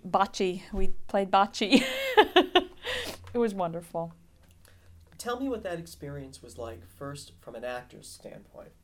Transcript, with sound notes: Bacci. We played bacci. (she laughs) It was wonderful.
Tell me what that experience was like, first from an actor's standpoint.